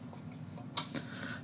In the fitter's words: you can hear it popping down on it there